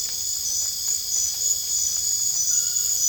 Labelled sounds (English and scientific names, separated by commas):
none